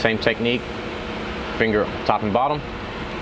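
A misting head is held between finger and thumb, top and bottom, and pushed toward a punctured hole in a plastic misting tube. Someone talks over a steady background hum. Nothing has seated or clicked yet.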